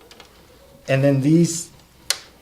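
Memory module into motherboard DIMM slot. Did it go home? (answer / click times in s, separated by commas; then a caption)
yes / 2.1 s. A RAM memory module is pushed with a little force into a motherboard memory slot while someone talks briefly. A sharp snap at 2.1 s marks the module fully seating as the white retaining tabs on either side close in and lock it in place.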